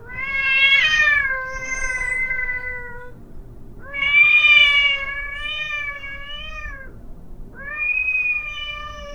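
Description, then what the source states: Cat giving three long drawn-out meows, the first two each lasting about three seconds and the last cut off at the end, separated by short pauses. Talkative cat giving long meows.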